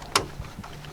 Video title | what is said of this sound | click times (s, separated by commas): Barry the Z71 - Episode 2: Replacing a Headlight Switch - GMT-800, 2005 Chevy Suburban - RIP Mom | and it snaps into place. That easy. | 0.2 s